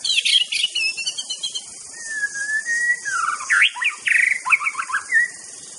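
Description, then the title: White-rumped shama song: scratchy notes, then a long pure whistle followed by a fast tumbling series of varied rich phrases, with steady background hiss. Wild bird in forest; natural, original song (Indonesian name murai batu). "Kicau Asli Murai Batu Hutan"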